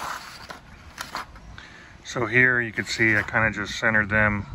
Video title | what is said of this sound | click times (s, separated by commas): Front Grille Install - 1st Gen Sequoia | so i'm going to go ahead and just snap those right in there | 0.5 s, 1.0 s, 1.6 s